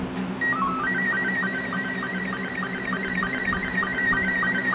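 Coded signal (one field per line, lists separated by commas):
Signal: SSTV (slow-scan television)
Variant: Robot 72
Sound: warbling, chirping tone shifting quickly between pitches, with brief lower blips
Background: low electrical hum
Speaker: i'm just going to select a picture of myself it brings it up in the queue and uh when i hit play here you should hear the tone and we'll start seeing the picture propagate over here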